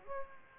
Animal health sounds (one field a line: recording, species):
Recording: mosquito wingbeat signal from an infrared sensor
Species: Aedes aegypti